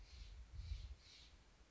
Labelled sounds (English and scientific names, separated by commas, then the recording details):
Steller's Jay (Cyanocitta stelleri)
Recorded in Sonoma County, California